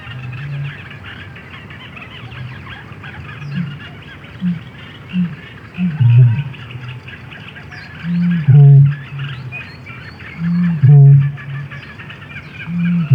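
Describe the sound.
Bittern giving soft low grunts that build into deep resonant booms, two strong booms a couple of seconds apart late on, faint birds chirping above.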